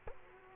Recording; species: mosquito wingbeat signal from an infrared sensor; Culex quinquefasciatus